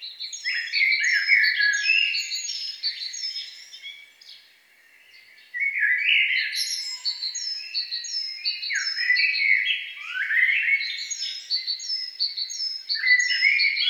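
Songbird giving a long, tumbling warbled song with bright high repeated notes, pausing briefly before starting again.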